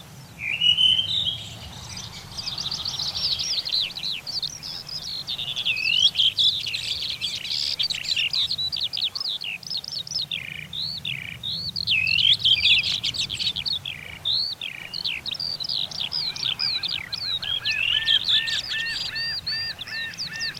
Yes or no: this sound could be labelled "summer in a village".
yes